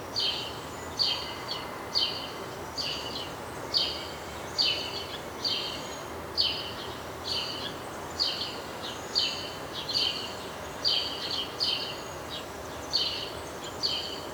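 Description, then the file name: House sparrow giving many short chirps, often doubled, over a steady noisy background. "Passer domesticus"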